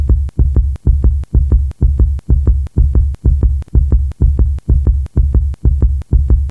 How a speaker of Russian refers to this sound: А вот у меня, как у каждого взрослого человека, пульс примерно 70 ударов в минуту. Правда, если я побегу, пульс у меня участится.